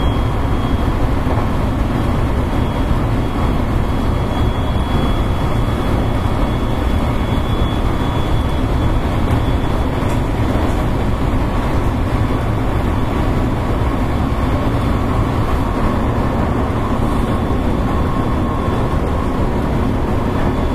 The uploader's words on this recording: JR西日本223系 JR神戸線快速 神戸から大阪まで. JR西日本223系電車の走行音です。 JR神戸線の快速列車で録音しました。 Running noise of JR West 223 series train.